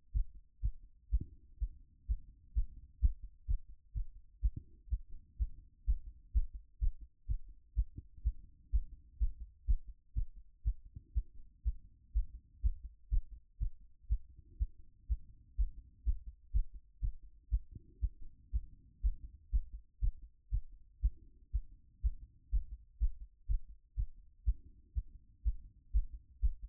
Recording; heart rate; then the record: heart sounds by stethoscope; 124 bpm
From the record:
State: after exercise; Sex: female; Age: 24 years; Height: 178 cm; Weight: 71 kg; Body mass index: 22.41